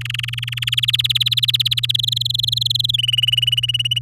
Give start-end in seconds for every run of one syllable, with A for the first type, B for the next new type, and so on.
0.01-0.70 A, 0.72-1.96 B, 1.99-2.91 C, 2.93-3.99 D